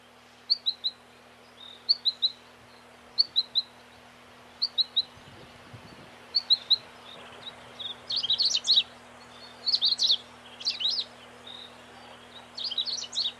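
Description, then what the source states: Long-tailed rosefinch song opening with thin, paired high notes at regular intervals, then switching to denser, buzzy twittered bursts, with a low steady hum beneath. Recorded 21 May 1994.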